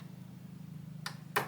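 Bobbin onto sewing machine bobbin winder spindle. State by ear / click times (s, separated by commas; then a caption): not seated / none. A plastic bobbin with a few turns of thread already wound on is handled on its way onto a sewing machine's bobbin-winder spindle, over a steady low hum. Brief taps and rustles of handling come at about 1.1 s and 1.4 s, but the bobbin has not clicked into place yet.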